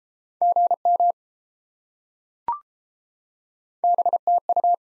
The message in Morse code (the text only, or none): GM BTU